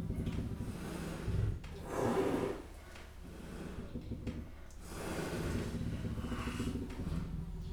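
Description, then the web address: Leopard giving breathy, snorting puffs, a couple of short bursts near the start and a longer rough exhalation later, over a low steady background hum. Captive leopards at a zoo in Jászberény, Hungary, 2015, puffing and rasping. "jaszberenyizoo 2015 leopard fujtatnak horognek villanypasztor"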